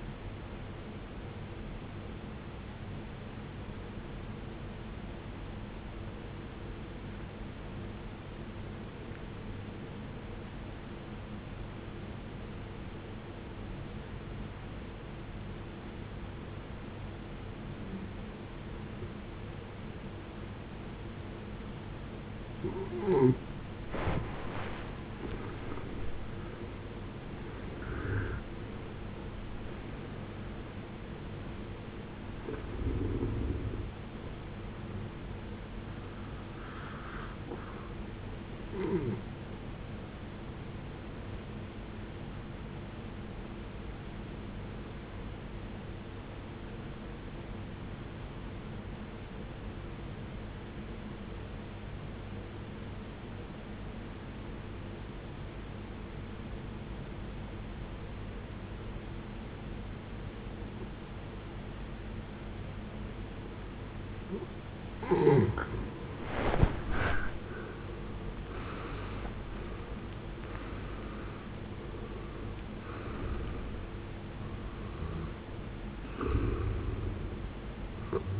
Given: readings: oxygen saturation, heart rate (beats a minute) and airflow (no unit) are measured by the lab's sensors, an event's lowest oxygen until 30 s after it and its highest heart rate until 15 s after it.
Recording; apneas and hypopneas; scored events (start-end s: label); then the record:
breathing in sleep by a voice recorder at the bedside; 2
6.00-25.90 s: obstructive apnea (N1, oxygen 93% highest, then 75% lowest, heart rate 57 at the start, 84 highest)
44.00-63.70 s: obstructive apnea (N1, oxygen 94% highest, then 75% lowest, heart rate 72 at the start, 84 highest)
From the record:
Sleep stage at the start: N1 (lightest sleep); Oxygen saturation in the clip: 75 to 94%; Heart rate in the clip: 54 to 84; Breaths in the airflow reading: 11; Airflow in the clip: -18.2 to 17.0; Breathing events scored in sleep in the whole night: 389 in 6.3 hours asleep